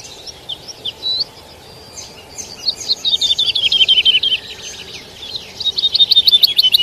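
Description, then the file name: Lark song of quick, high, buzzy trills and chattering notes, growing into a long, fast, repeated series, then another trill. "Bird Lark Sound"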